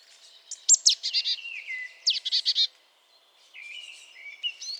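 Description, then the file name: Marsh tit calls: sharp high chips followed by short series of buzzy, rapidly repeated notes, twice, then a fainter thin rising call near the end. "Poecile palustris"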